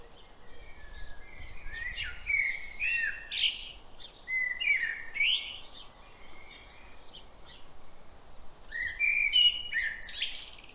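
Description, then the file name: Common blackbird song in a few separate fluty phrases with squeaky high endings, amid scattered high chirps. "Turdus merula"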